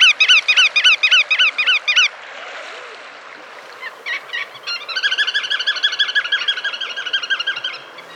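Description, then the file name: Bar-tailed godwit nasal calls, a rapid series of harmonic notes, a short pause, then a second series of overlapping calls. "myrspov"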